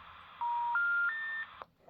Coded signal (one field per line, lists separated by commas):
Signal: telephone call progress tone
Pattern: special information tone